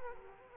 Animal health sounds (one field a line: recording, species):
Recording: mosquito wingbeat signal from an infrared sensor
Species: Culex quinquefasciatus